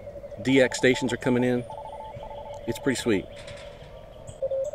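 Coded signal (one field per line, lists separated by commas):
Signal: Morse code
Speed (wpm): 32 wpm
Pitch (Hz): 870 Hz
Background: speech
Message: 5NN 457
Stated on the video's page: CW contest worked from a park with a battery-powered Mountain Topper MTR-5B, a SOTABEAMS dipole and a palm mini paddle, reaching distant stations.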